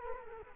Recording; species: mosquito wingbeat signal from an infrared sensor; Culex quinquefasciatus